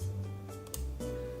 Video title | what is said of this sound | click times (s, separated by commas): Sooo pretty!!!! F35 Lightning FULL OPTIONS KIT! Unboxing - Up Close - Wiring | Nice and easy. You hear that oh so satisfying click. | 0.7 s